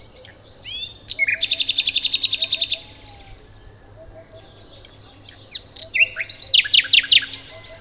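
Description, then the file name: Common nightingale song with a long, loud, rapidly repeated pulsing trill, a pause, then a second burst of sharp repeated notes. "Luscinia megarhynchos"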